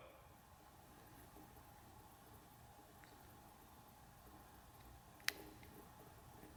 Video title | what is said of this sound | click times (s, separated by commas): We Overlooked this SIMPLE Upgrade on the Peterbilt!....I'm an Idiot!! | I'm sure you heard the little click but there you can see you've got the seal on the back side and | 5.3 s